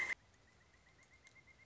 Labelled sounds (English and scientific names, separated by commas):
Pileated Woodpecker (Dryocopus pileatus)